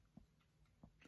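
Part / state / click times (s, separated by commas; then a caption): battery into vape kit body / not seated / none. A vape battery is handled against the vape kit body while being pushed toward its housing, giving a few faint, soft low taps and rubs around 0.2, 0.8 and 1.1 seconds over a quiet background. Nothing has seated or clicked into place yet.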